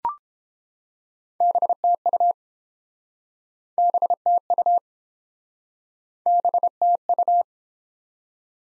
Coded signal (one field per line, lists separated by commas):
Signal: Morse code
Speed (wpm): 32 wpm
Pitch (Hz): 700 Hz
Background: none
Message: BTU BTU BTU